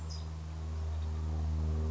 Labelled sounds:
California Towhee (Melozone crissalis)
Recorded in Sonoma County, California

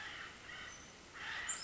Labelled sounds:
Acorn Woodpecker (Melanerpes formicivorus)
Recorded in Sonoma County, California

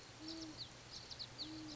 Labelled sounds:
Great Horned Owl (Bubo virginianus)
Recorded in Sonoma County, California

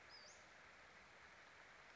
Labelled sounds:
Western Flycatcher (Empidonax difficilis)
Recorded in Sonoma County, California

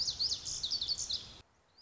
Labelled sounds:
Lazuli Bunting (Passerina amoena)
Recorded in Sonoma County, California

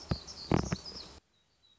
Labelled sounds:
Black-throated Gray Warbler (Setophaga nigrescens)
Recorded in Sonoma County, California

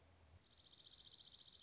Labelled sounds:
Dark-eyed Junco (Junco hyemalis)
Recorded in Sonoma County, California

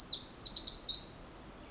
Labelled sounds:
Pacific Wren (Troglodytes pacificus)
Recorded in Sonoma County, California

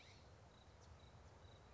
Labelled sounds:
California Scrub-Jay (Aphelocoma californica)
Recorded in Sonoma County, California

